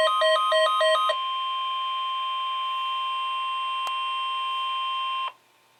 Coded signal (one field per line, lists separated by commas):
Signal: Emergency Alert System (SAME) tones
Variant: 1050 Hz attention tone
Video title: Severe Thunderstorm Warning (EAS Alert #989)